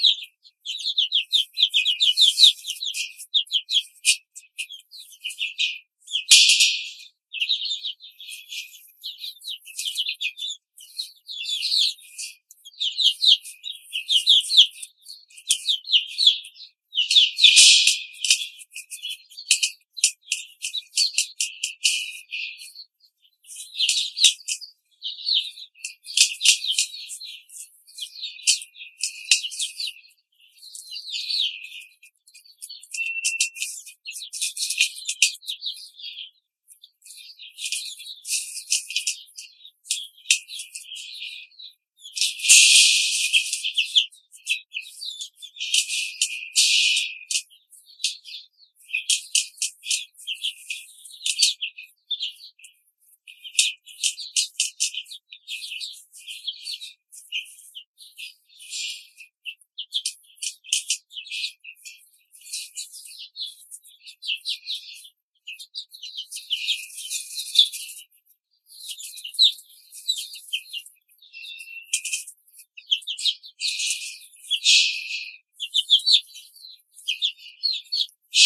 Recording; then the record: young laying hens in a cage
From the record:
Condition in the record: control cage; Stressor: none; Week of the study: 5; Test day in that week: 1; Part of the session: 1